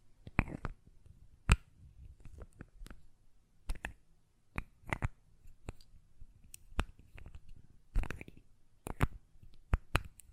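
Glass perfume bottle tapping and lid sounds: sharp, bright clicks and taps arrive irregularly, about one or two per second, some in quick pairs. A few louder knocks stand out near the start, middle and end, with soft low handling noise between them.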